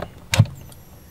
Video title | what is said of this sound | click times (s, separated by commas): Are Snapper & Greenworks 60V batteries, chargers, & tools interchangeable? | hear that click that's | 0.3 s